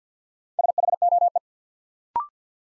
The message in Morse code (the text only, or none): SHOE